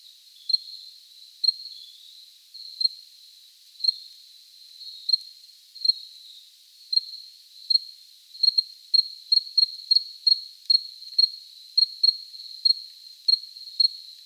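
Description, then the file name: Cricket song: a high sustained trill whose chirps start sparse, then quicken into rapid clusters midway before settling back into a steady pulse. Recorded close up. "Cricket close recording JJ"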